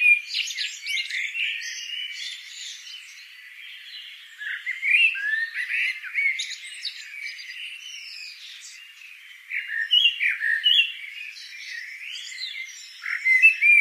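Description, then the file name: Eurasian blackbird with harsh, jumbled squawks and scratchy chatter in loud bursts separated by quieter stretches of softer twittering. "Turdus merula"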